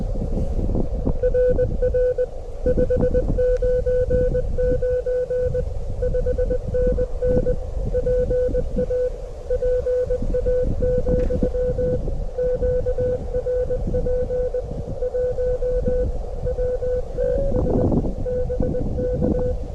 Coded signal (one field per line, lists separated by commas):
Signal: Morse code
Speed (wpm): 22 wpm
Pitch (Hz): 500 Hz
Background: none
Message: RR 599 5NN PA PA, QRP 1 WTS BK